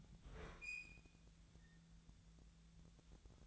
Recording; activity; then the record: daily activity, microphone in the room; open fridge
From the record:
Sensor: 3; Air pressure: 1009.7 hPa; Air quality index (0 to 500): 191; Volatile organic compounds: 15 ppm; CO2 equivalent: 2486 ppm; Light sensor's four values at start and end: 37/93/40/43 and 38/93/40/43